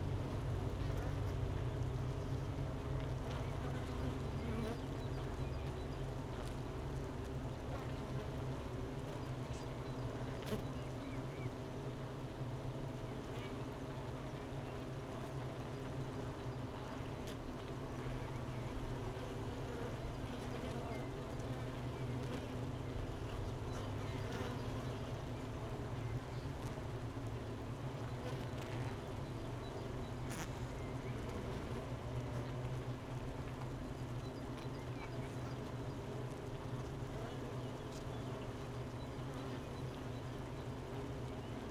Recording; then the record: honeybee colony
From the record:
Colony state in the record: missing queen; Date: 31 May 2018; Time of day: 12:57